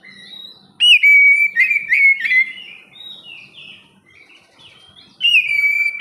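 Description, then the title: Oriental magpie-robin song of bright, slurred whistles in two strong bursts, separated by quieter scratchy warbling. "kacer"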